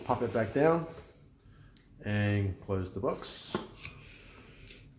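Someone talks while the puppet of a fortune teller jack-in-the-box toy is pushed back down and the lid is handled toward closing, with a few brief handling taps around 1.8 and 3.9 seconds. The lid latch has not yet clicked or seated by the end of the clip.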